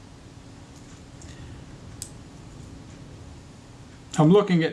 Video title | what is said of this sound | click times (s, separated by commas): Kodak Retina II with an interesting set of problems, part 03 | So they're under spring tension, and as you bring the front out, they spring into place and lock the struts nice and rigidly. | 2.0 s